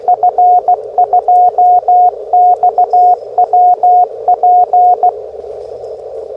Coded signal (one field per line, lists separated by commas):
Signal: Morse code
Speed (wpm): 16 wpm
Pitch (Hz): 720 Hz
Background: radio noise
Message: F2XWP